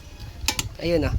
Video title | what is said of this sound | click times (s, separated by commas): Sulit Ba ang Dr. Micrometer Torque Wrench? Honest Review at Actual Test #Moto #tools | Napakaganda guys. Ito yung lagutok, oh. | 0.5 s